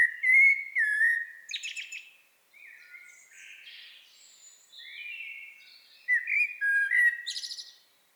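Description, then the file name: Eurasian blackbird singing repeated mellow whistles broken by high scratchy twitters, with quieter warbled notes between the louder phrases. "Turdus merula"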